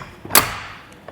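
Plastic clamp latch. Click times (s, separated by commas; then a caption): 0.4 s. A Kuat Grip ski and snowboard carrier's clamp arm, roof-mounted on a 2023 Chevrolet Suburban, is pushed closed. It latches with a loud thump at 0.4 s, followed by a faint tick near 1.1 s. The arm locks in its closed position, so it won't open while driving.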